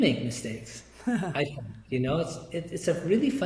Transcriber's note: laughs